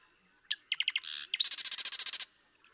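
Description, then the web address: Marsh Wren song opening with several clicking notes and a brief buzz, followed by a rapid, mechanical rattle of high repeated notes. "birdsongforthecurious Marsh Wren"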